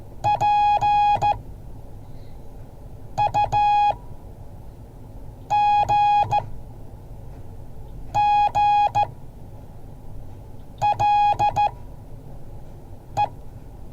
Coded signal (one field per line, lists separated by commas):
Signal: Morse code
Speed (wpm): 14 wpm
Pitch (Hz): 830 Hz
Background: none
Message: PUGGLE